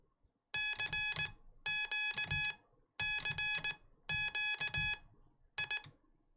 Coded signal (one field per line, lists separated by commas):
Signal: Morse code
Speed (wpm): 19 wpm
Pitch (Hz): 2550 Hz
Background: none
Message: CQ CQ I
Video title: I Learned CW! (well not really, but I am trying) | Learning Morse Code!